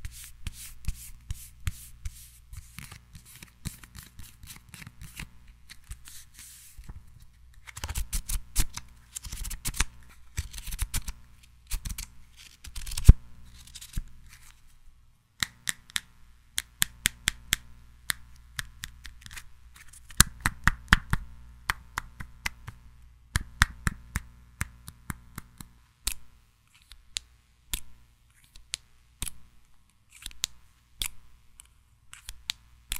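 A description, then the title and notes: Tiny microphone triggers: sharp snipping and shuffling clicks come in dense bursts, with busy clusters around 8–13 and 20–23 seconds and sparser taps between. A low steady hum sits underneath throughout. ASMR 1 HR Of Tiny Mic Triggers.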